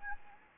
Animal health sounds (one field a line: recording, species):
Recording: mosquito wingbeat signal from an infrared sensor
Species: Anopheles gambiae